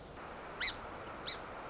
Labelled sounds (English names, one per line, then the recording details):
Song Sparrow
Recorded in Sonoma County, California